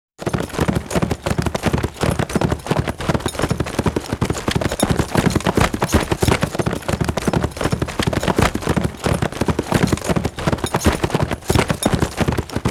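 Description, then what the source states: Horse galloping, brisk thumping hoof strikes starting after a brief silence and keeping a steady fast rhythm. Steady fast gallop on grass.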